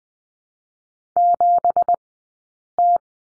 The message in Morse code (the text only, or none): 7T